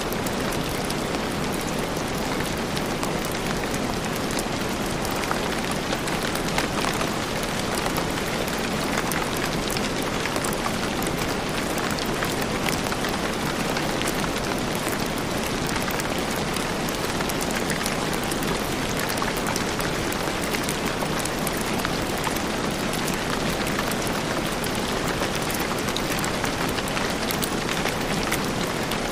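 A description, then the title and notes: A rainstorm pours down in a dense, unbroken hiss that stays level from start to finish. Countless fine drops blur into a bright, full wash, with a soft low rumble underneath and no distinct events standing out. Dreamy Rain Sleep Sounds - Relaxing Rainstorm White Noise.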